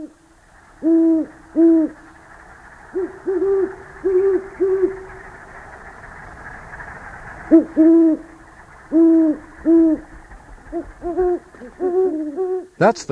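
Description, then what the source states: Great horned owl hoots, deep soft notes given in short rhythmic series, with two birds seeming to trade phrases at slightly different pitches over a faint steady hiss. Female and male calling.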